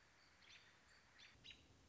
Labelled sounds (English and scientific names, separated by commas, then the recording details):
American Robin (Turdus migratorius)
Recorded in Sonoma County, California